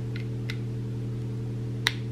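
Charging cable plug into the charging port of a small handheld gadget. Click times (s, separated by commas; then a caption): 1.9 s. A charging cable plug is pushed into the charging port of a small handheld gadget, apparently the fan or light being checked, to make sure it fits. Over a steady low hum, two faint ticks at about 0.2 s and 0.5 s lead up to a sharp, bright click at 1.9 s as the plug seats in the socket.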